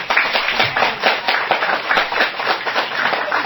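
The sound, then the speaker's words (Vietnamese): A crowd breaks into steady applause, many hands clapping in a dense, continuous patter that stays fairly loud and even throughout, with no voices above it. “Xin quý vị nghĩa là cho họ một tràng pháo tay.”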